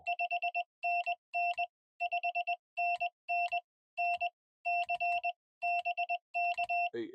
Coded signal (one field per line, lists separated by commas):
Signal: Morse code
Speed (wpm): 19 wpm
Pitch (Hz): 700 Hz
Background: none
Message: 5NN 5NN N C BK